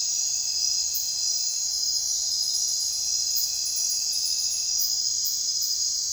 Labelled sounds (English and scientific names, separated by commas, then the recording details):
none
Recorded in secondary vegetation near Puerto Asís, Putumayo, Colombia, on 22 June 2025 at 23:00
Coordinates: 0.498, -76.327
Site GP09